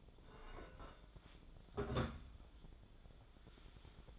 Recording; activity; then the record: daily activity, microphone in the room; take from stove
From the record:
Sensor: 5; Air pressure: 1010.1 hPa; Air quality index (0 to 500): 146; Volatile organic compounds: 3 ppm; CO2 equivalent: 1424 ppm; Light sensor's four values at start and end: 254/615/263/291 and 252/617/262/288